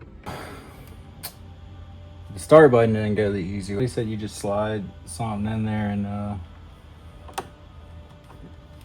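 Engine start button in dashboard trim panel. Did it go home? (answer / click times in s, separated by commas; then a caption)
released / 7.4 s. Someone talks while the engine start button on an F82 M4 is pried out of its plastic dashboard trim bezel. A sharp click at 7.4 s marks the button popping out, and it comes free without breaking any of its tabs.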